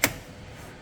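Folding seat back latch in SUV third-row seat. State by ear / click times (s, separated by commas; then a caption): released / 0.0 s. A seat release button is pressed on the folding third-row seats of a 2020 Mitsubishi Outlander ES 7-seat AWD SUV. The seat back latch unlocks with a single sharp click at 0.0 s, followed by a faint low rumble as the seat backs drop down. The latch releases and the seats fold down.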